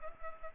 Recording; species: mosquito wingbeat signal from an infrared sensor; Culex pipiens